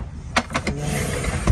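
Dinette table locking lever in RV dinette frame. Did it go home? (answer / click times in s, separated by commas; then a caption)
no / none. The locking lever under the convertible dinette of a 2023 Thor Chateau 27R Class C gas motorhome with a Ford V8 is worked from underneath, moving the table section into position in the dinette frame. Short mechanical clunks and rattles sound at about 0.4, 0.7 and 1.5 seconds over a low rumble. Nothing has locked or seated yet by the end of the clip.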